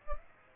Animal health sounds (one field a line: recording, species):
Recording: mosquito wingbeat signal from an infrared sensor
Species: Aedes aegypti